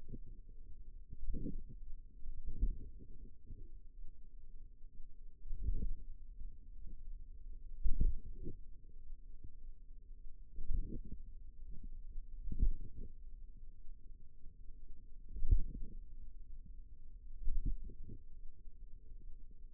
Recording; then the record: forearm muscle sounds (acoustic myography)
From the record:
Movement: pen grasping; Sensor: system 2, bracelet of six BSWA MPA416 microphones around the upper forearm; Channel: 4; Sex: female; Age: 22 years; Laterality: right